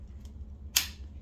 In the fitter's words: with this little slot here, you're going to slide it over the adapter and until you hear a little click.